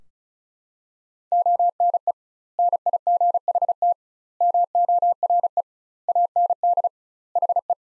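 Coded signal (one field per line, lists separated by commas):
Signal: Morse code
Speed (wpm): 36 wpm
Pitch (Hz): 700 Hz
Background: none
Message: ONE NIGHT MORE AND HE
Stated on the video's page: Morse practice sentences built from the top 300 words at 35 wpm, with twice the standard word spacing.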